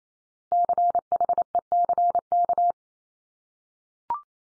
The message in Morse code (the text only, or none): CHECK